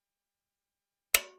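A click-type torque wrench tightens a bolt of the mixer assembly into aluminum, working corner to corner so the soft metal is not crushed. After about a second of silence, the wrench gives one sharp, bright click at 1.2 s, with a brief metallic ring that fades out. The wrench clicks at its set torque, confirming the bolt is properly torqued.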